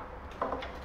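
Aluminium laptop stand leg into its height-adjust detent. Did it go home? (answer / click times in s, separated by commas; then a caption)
yes / 0.4 s. An adjustable aluminium leg of a Mount-it MI 7211 laptop stand with cooling fans is raised and snaps into its height-adjust locking detent. A short, sharp tick at 0.4 s is followed by a softer tick at 0.5 s over a steady low background hum. The leg is seated and locked at its height position.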